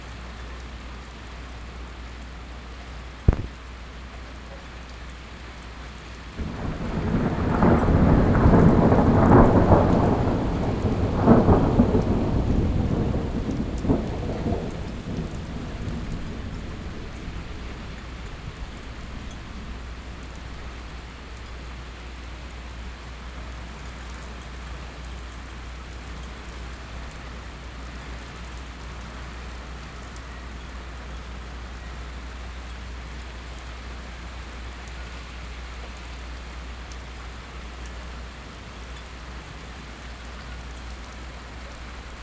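A quick storm: a sharp crack near three seconds, then a heavy rolling rumble of thunder from about six to fifteen seconds that slowly fades out by twenty. After that, only a steady, even hiss of rain continues to the end, with a faint low hum underneath.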